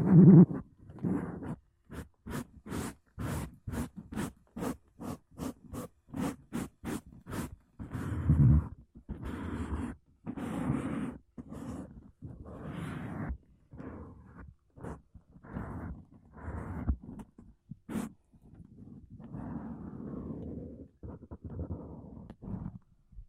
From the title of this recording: Mic Brushing Using Makeup Brushes and Sponge